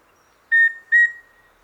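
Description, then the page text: Rufous-breasted antthrush song of two even, piping whistles, the second slightly raised in pitch, over faint background hiss. "Andrew Spencer - Рыжегрудая питтоподобная муравьеловка (Formicarius rufipectus)"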